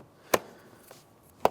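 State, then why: Seated. A new plastic interior door handle for a 2013–2020 Nissan Pathfinder is slid into place in the car door trim panel and pressed until its retaining clip clicks. A sharp snap at 0.3 s is followed by a faint tap near 0.9 s, then a second, louder sharp click at 1.5 s as the handle seats in the panel.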